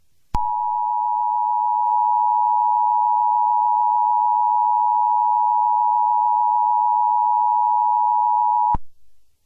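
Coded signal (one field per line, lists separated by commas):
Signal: Emergency Alert System (SAME) tones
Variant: 853 and 960 Hz attention tone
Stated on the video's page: Fictional alien invasion EAS scenario using valid EAS tones.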